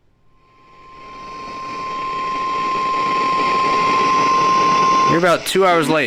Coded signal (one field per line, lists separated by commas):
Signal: Emergency Alert System (SAME) tones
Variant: 1050 Hz attention tone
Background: speech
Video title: EAS 328 & 329- SVR on WTSH and WWH23, SVA on WWH23